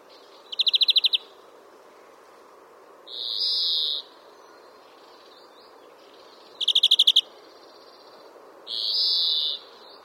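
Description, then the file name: European greenfinch calls: a short rapid rattling trill, then a drawn-out nasal wheeze about a second long, the pair given twice. "Chloris chloris"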